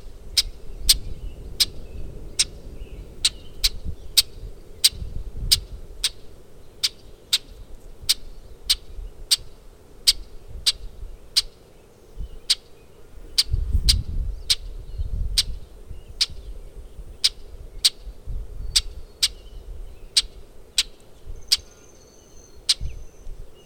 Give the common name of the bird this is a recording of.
Brewer's Blackbird